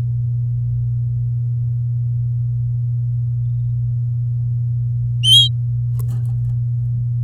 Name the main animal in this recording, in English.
Domestic Canary